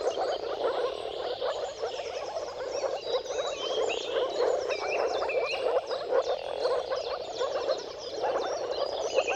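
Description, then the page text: Many moor frogs giving muffled, bubbling mating calls without pause; birds add a few clear whistles. Dawn chorus of many moor frogs giving mating calls at sunrise, at the turn of March and April, timing depending on the weather. "Dawn’s Chorus: Mating Calls of Marsh Frogs at Sunrise. Depending on the weather at the turn of March and April, you can witness an amazing spectacle of moor frogs. Jakub-Orzecki moor frogs"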